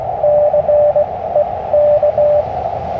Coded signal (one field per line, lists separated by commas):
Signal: Morse code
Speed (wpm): 20 wpm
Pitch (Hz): 590 Hz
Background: none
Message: CEK